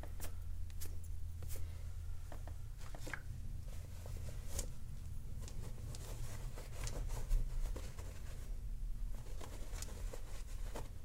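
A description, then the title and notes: Stones clack and tick in short, scattered taps with soft cloth rustling between them, a few sharper knocks every second or so. A steady low hum runs underneath the whole time, with one slightly louder tap near the seven-second mark. ASMR — Reiki Aura Energy Cutting with Gemstones and Smoke.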